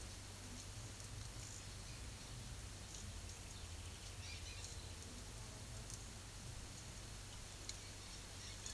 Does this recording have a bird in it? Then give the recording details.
no. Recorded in pastures near Puerto Asís, Putumayo, Colombia, on 28 February 2025 at 12:00. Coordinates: 0.505, -76.324. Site GP08